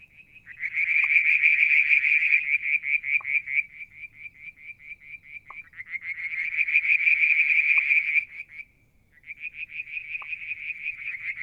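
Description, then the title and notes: Frog trilling in long pulsed runs that swell and ease twice, with a short gap near the end and faint single pops scattered through. Striped marsh frog, Verreaux's tree frog and an unidentified frog; one evening near a water tank, Mount Wilson, New South Wales, Australia, July 2022. "Frog song, Mount Wilson, New South Wales, Australia in July 2022 – by Alexander Moffatt. Limnodynastes Peronii, Litoria Verreauxii and a mystery frog one evening near the water tank"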